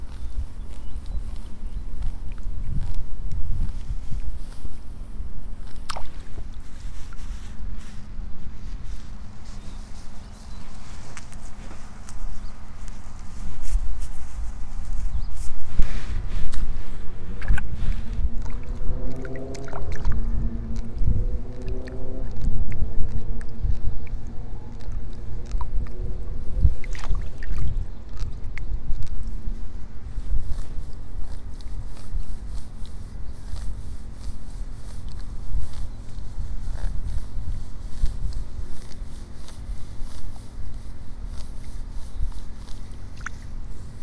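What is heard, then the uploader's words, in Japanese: Seedlings are pulled one by one from a flooded rice nursery in the morning, with small splashes and soft clicks scattered throughout. A steady low outdoor rumble underlies everything, and an engine rises in pitch and swells between about 16 and 25 seconds before fading. イネの苗取り。朝から水苗代に入って、一本一本苗を取っています。片手握りいっぱいになったら、ワラで束にします。今日も鳥たち元気。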